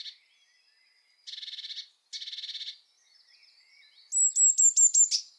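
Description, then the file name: Blue tit churring: two short buzzy rattles, soft twittering, then a run of sharp high ticking notes ending in a buzz. "Cyanistes caeruleus"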